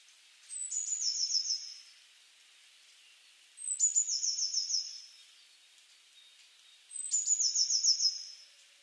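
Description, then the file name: Eurasian blue tit repeating three calls, each opening with a piercing high note and running into a quick churring trill about a second long, with quiet pauses between. "Cyanistes caeruleus"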